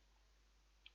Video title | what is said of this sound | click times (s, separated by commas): Cliff Eats Out of Date Food - The City Kitchen Bang Bang Chicken Salad | bang this to snap in place so then it's like this and then you | 0.9 s